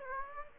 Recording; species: mosquito wingbeat signal from an infrared sensor; Aedes aegypti